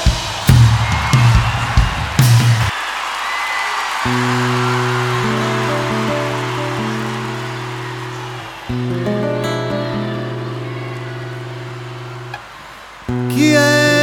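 A crowd applauds with steady, hissing clapping that runs under sustained music chords, with a few sharp drum hits at the start and a brief lull before it swells again.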